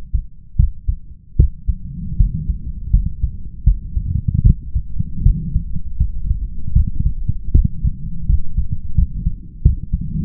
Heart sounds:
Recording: heart sounds by stethoscope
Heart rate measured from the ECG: 79 bpm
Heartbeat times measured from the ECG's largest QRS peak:
0.55 s: heartbeat
1.35 s: heartbeat
2.16 s: heartbeat
2.90 s: heartbeat
3.63 s: heartbeat
4.42 s: heartbeat
5.22 s: heartbeat
5.97 s: heartbeat
6.72 s: heartbeat
7.51 s: heartbeat
8.26 s: heartbeat
8.94 s: heartbeat
9.62 s: heartbeat
From the record:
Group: healthy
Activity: cold pressor test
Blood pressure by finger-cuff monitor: 151/91 mmHg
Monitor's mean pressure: 110 mmHg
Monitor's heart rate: 80 bpm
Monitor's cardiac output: 6.3 L/min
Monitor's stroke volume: 81 mL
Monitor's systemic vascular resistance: 1310 dyn s/cm5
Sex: male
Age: 21 years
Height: 180 cm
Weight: 67.5 kg

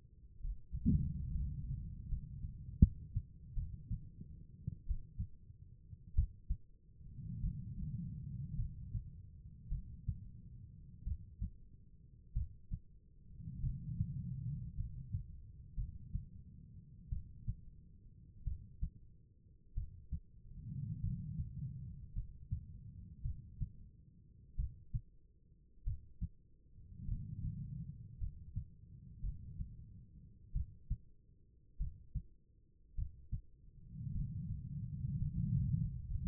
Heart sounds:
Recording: heart sounds by stethoscope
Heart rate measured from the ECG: 52 bpm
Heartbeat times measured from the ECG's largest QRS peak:
0.39 s: heartbeat
1.29 s: heartbeat
2.08 s: heartbeat
2.79 s: heartbeat
3.54 s: heartbeat
4.86 s: heartbeat
6.14 s: heartbeat
7.41 s: heartbeat
8.56 s: heartbeat
9.69 s: heartbeat
11.04 s: heartbeat
12.33 s: heartbeat
13.61 s: heartbeat
14.76 s: heartbeat
15.75 s: heartbeat
17.09 s: heartbeat
18.44 s: heartbeat
19.74 s: heartbeat
21.01 s: heartbeat
22.14 s: heartbeat
23.22 s: heartbeat
24.56 s: heartbeat
25.84 s: heartbeat
27.06 s: heartbeat
28.18 s: heartbeat
29.21 s: heartbeat
30.53 s: heartbeat
31.78 s: heartbeat
32.95 s: heartbeat
34.12 s: heartbeat
35.18 s: heartbeat
36.08 s: heartbeat
From the record:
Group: healthy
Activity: breath hold 0-3 s, rest 3-36 s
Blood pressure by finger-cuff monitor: 92/57 mmHg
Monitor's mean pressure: 68 mmHg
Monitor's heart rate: 50 bpm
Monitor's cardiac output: 4.3 L/min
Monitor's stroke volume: 83 mL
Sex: female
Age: 36 years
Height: 163 cm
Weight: 88 kg

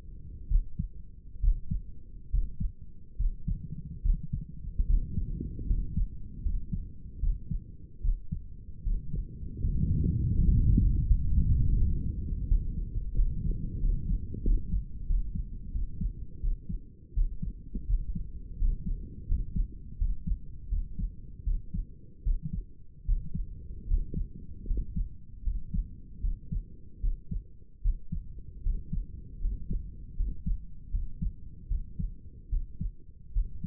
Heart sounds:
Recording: heart sounds by stethoscope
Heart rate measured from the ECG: 79 bpm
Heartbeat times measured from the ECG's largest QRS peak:
0.48 s: heartbeat
1.41 s: heartbeat
2.31 s: heartbeat
3.17 s: heartbeat
4.02 s: heartbeat
4.87 s: heartbeat
5.67 s: heartbeat
6.42 s: heartbeat
7.20 s: heartbeat
8.02 s: heartbeat
8.83 s: heartbeat
9.61 s: heartbeat
10.34 s: heartbeat
11.12 s: heartbeat
11.77 s: heartbeat
12.47 s: heartbeat
13.15 s: heartbeat
13.80 s: heartbeat
14.43 s: heartbeat
15.06 s: heartbeat
15.72 s: heartbeat
16.40 s: heartbeat
17.14 s: heartbeat
17.87 s: heartbeat
18.58 s: heartbeat
19.27 s: heartbeat
19.98 s: heartbeat
20.69 s: heartbeat
21.44 s: heartbeat
22.23 s: heartbeat
23.05 s: heartbeat
23.87 s: heartbeat
24.66 s: heartbeat
25.43 s: heartbeat
26.21 s: heartbeat
27.00 s: heartbeat
27.81 s: heartbeat
28.62 s: heartbeat
29.40 s: heartbeat
30.16 s: heartbeat
30.90 s: heartbeat
31.68 s: heartbeat
32.49 s: heartbeat
33.32 s: heartbeat
From the record:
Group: healthy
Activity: rest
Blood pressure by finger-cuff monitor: 111/68 mmHg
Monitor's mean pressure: 76 mmHg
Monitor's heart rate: 78 bpm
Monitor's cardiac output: 6.4 L/min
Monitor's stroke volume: 83 mL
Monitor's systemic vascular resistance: 850 dyn s/cm5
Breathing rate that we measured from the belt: 13 breaths a minute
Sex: male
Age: 35 years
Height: 180 cm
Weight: 86.9 kg

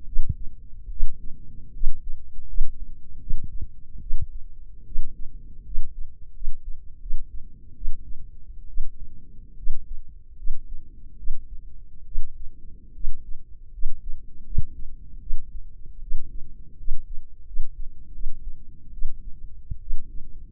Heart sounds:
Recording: heart sounds by microphone in the left ear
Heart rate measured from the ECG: 76 bpm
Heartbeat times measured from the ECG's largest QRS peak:
0.05 s: heartbeat
0.89 s: heartbeat
1.72 s: heartbeat
2.46 s: heartbeat
3.19 s: heartbeat
3.99 s: heartbeat
4.84 s: heartbeat
5.63 s: heartbeat
6.32 s: heartbeat
6.99 s: heartbeat
7.74 s: heartbeat
8.66 s: heartbeat
9.55 s: heartbeat
10.35 s: heartbeat
11.15 s: heartbeat
12.03 s: heartbeat
12.92 s: heartbeat
13.71 s: heartbeat
14.43 s: heartbeat
15.19 s: heartbeat
15.99 s: heartbeat
16.76 s: heartbeat
17.44 s: heartbeat
18.11 s: heartbeat
18.91 s: heartbeat
19.79 s: heartbeat
From the record:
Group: healthy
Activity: rest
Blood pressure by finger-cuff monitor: 115/74 mmHg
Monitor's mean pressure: 86 mmHg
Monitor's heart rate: 76 bpm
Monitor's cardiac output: 6.1 L/min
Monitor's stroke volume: 79 mL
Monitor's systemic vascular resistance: 1020 dyn s/cm5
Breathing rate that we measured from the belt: 16 breaths a minute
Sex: female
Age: 23 years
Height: 160 cm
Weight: 50.4 kg

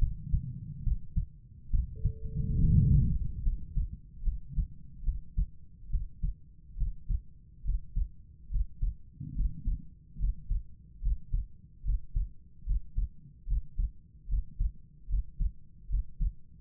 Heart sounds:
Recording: heart sounds by stethoscope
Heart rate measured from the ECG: 72 bpm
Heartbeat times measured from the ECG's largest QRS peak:
0.83 s: heartbeat
1.70 s: heartbeat
2.59 s: heartbeat
3.42 s: heartbeat
4.23 s: heartbeat
5.03 s: heartbeat
5.89 s: heartbeat
6.77 s: heartbeat
7.64 s: heartbeat
8.50 s: heartbeat
9.35 s: heartbeat
10.18 s: heartbeat
11.01 s: heartbeat
11.84 s: heartbeat
12.65 s: heartbeat
13.46 s: heartbeat
14.28 s: heartbeat
15.08 s: heartbeat
15.88 s: heartbeat
From the record:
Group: healthy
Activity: Valsalva maneuver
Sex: female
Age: 32 years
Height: 172 cm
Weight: 71.7 kg

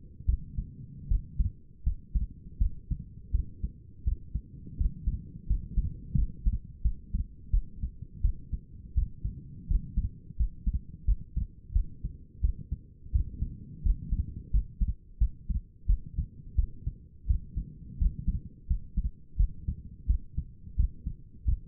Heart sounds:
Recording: heart sounds by stethoscope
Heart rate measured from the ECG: 85 bpm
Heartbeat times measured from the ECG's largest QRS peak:
0.26 s: heartbeat
1.08 s: heartbeat
1.84 s: heartbeat
2.59 s: heartbeat
3.32 s: heartbeat
4.05 s: heartbeat
4.78 s: heartbeat
5.48 s: heartbeat
6.16 s: heartbeat
6.83 s: heartbeat
7.51 s: heartbeat
8.22 s: heartbeat
8.95 s: heartbeat
9.68 s: heartbeat
10.37 s: heartbeat
11.06 s: heartbeat
11.73 s: heartbeat
12.42 s: heartbeat
13.12 s: heartbeat
13.83 s: heartbeat
14.51 s: heartbeat
15.19 s: heartbeat
15.87 s: heartbeat
16.56 s: heartbeat
17.27 s: heartbeat
17.99 s: heartbeat
18.68 s: heartbeat
19.37 s: heartbeat
20.07 s: heartbeat
20.77 s: heartbeat
21.45 s: heartbeat
From the record:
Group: healthy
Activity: rest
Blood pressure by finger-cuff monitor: 121/75 mmHg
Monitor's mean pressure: 92 mmHg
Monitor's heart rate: 86 bpm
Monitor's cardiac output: 6.5 L/min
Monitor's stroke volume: 77 mL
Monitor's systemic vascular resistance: 1030 dyn s/cm5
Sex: female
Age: 37 years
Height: 168 cm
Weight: 70 kg

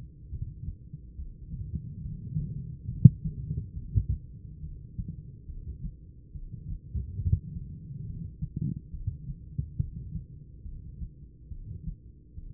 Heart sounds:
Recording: heart sounds by stethoscope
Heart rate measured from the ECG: 70 bpm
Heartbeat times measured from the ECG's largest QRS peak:
0.28 s: heartbeat
1.14 s: heartbeat
2.00 s: heartbeat
2.86 s: heartbeat
3.73 s: heartbeat
4.58 s: heartbeat
5.45 s: heartbeat
6.31 s: heartbeat
7.17 s: heartbeat
8.03 s: heartbeat
8.89 s: heartbeat
9.75 s: heartbeat
10.61 s: heartbeat
11.47 s: heartbeat
12.33 s: heartbeat
From the record:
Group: heart failure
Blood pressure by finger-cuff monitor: 120/68 mmHg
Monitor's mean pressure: 89 mmHg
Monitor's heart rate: 70 bpm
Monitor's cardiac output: 7.8 L/min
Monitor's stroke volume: 112 mL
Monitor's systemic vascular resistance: 850 dyn s/cm5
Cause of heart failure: idiopathic cardiomyopathy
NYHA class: 2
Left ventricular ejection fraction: 51%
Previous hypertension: present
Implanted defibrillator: present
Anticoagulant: apixaban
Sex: female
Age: 61 years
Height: 163 cm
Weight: 111 kg

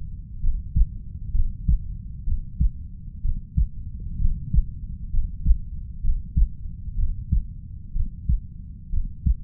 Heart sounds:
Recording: heart sounds by stethoscope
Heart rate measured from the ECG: 64 bpm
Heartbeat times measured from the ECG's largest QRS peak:
0.40 s: heartbeat
1.31 s: heartbeat
2.24 s: heartbeat
3.21 s: heartbeat
4.17 s: heartbeat
5.10 s: heartbeat
6.00 s: heartbeat
6.95 s: heartbeat
7.92 s: heartbeat
8.90 s: heartbeat
From the record:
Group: healthy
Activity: rest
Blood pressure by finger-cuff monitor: 115/58 mmHg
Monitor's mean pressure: 73 mmHg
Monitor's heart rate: 65 bpm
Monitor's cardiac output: 5.5 L/min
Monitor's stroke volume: 85 mL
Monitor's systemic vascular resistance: 970 dyn s/cm5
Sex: female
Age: 32 years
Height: 168 cm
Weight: 61.9 kg

